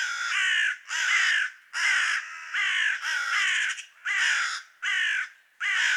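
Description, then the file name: Carrion crow giving a steady series of harsh, rasping caws with short gaps. "Corvus corone"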